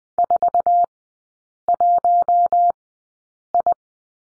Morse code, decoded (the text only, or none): 41I